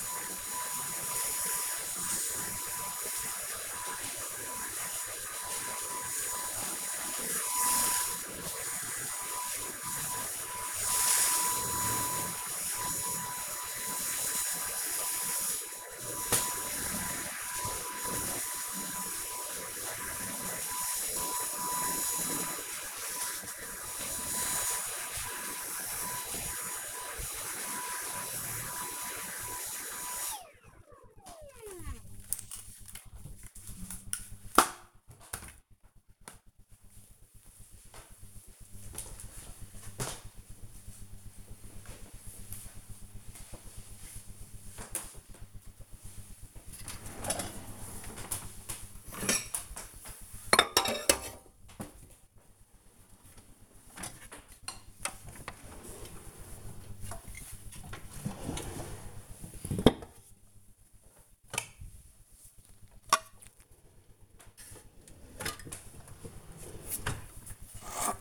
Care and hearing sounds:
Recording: household activities, microphone on the right wrist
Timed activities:
0.00-30.16 s: vacuum cleaning
45.24-68.21 s: putting away the dishes

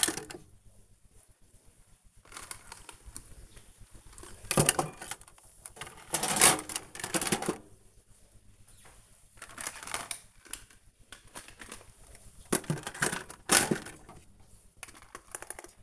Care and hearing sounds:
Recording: household activities, microphone on the right wrist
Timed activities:
0.00-15.83 s: putting away the dishes

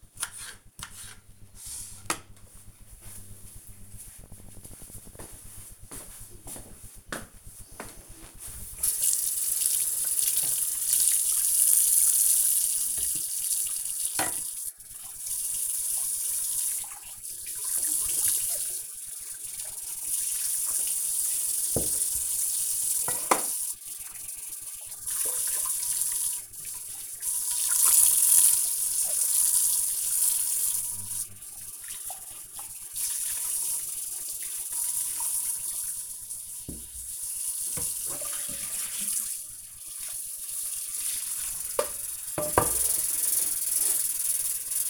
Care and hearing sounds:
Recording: household activities, microphone on the right wrist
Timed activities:
0.00-1.62 s: cutting vegetables
7.66-44.90 s: washing dishes

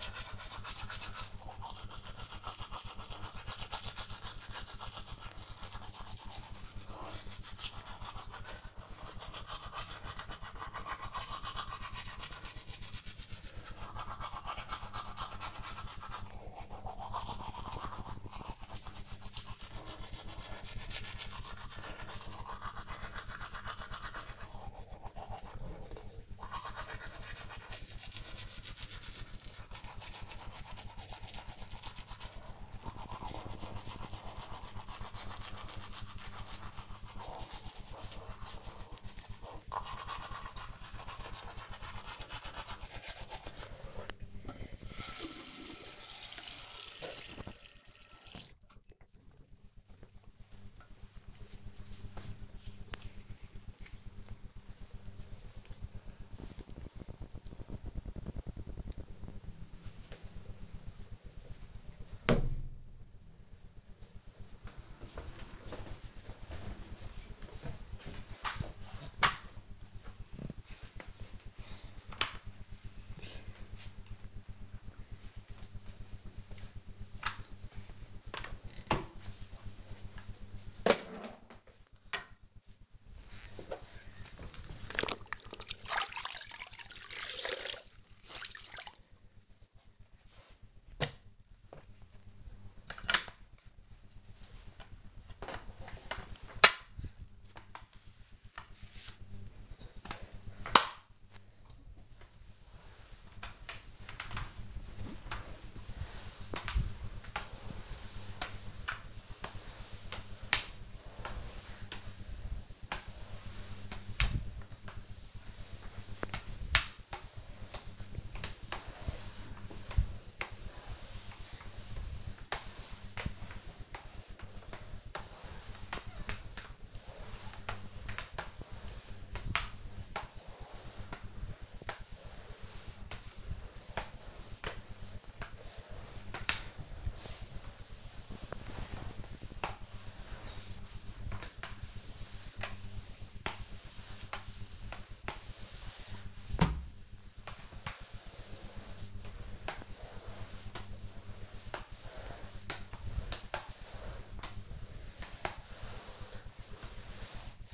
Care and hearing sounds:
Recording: household activities, microphone on the right wrist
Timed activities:
0.00-48.75 s: brushing teeth
68.87-157.74 s: floor cleaning

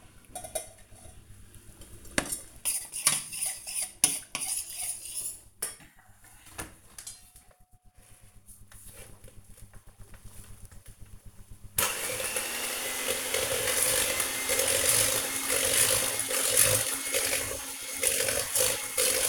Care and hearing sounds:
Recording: household activities, microphone on the right wrist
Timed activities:
0.00-19.29 s: baking

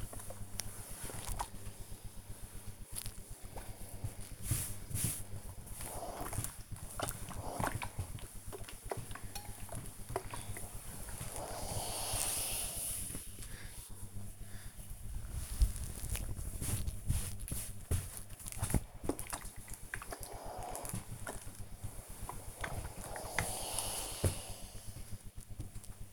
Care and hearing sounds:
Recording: household activities, microphone on the right wrist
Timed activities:
0.00-25.25 s: ironing laundry

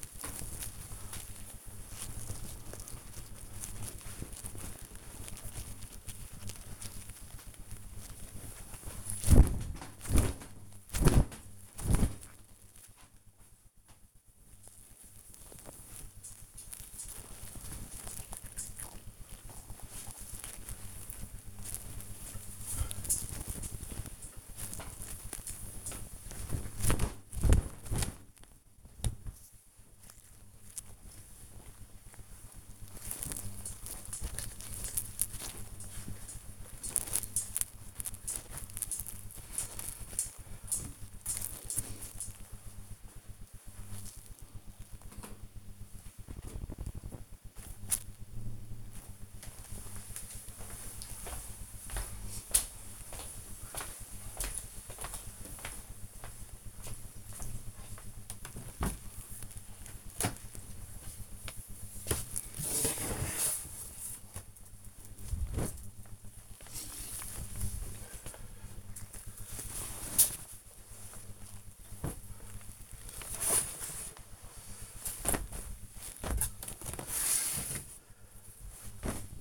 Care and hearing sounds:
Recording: household activities, microphone on the right wrist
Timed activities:
0.00-44.51 s: hanging up laundry
69.72-79.41 s: tidy up the wardrobe

